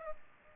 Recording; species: mosquito wingbeat signal from an infrared sensor; Culex pipiens